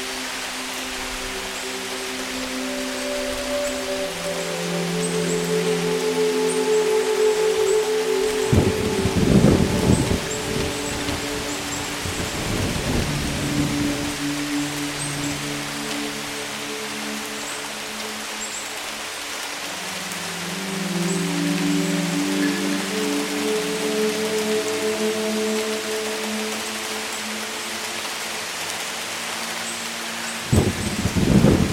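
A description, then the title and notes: Steady rain hisses throughout beneath soft sustained tones that drift and swell, with rumbles of thunder breaking in around 9, 13 and 31 seconds. Relaxing thunderstorm sounds with heavy rain and 432 Hz sounds.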